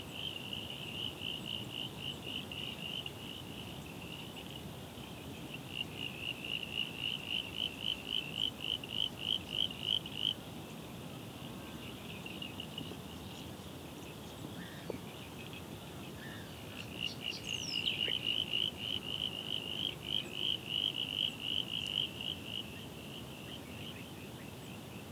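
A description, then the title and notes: A swamp at dusk: rapid pulsing frog calls rise in two bursts over a low steady rumble, with brief faint bird chirps between them. The dusk chorus at our local swamp on Phillip Island. Starts with the last birds of the day before the frogs start up for the night. You can hear the waves crashing on the surf beach not too far away. Recorded in Spring 2021.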